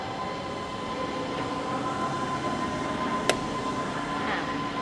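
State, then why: Seated. An AC home charging plug is pushed into the EV charging port of a Wuling Binguo car over a steady background hum with a faint constant tone. A single sharp click at 3.3 s marks the plug seating in the port, and the car is then all set to charge.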